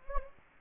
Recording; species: mosquito wingbeat signal from an infrared sensor; Anopheles gambiae